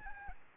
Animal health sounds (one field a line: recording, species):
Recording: mosquito wingbeat signal from an infrared sensor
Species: Aedes albopictus